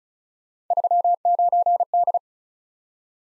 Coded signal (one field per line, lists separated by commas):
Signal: Morse code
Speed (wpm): 36 wpm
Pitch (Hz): 700 Hz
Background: none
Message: 39D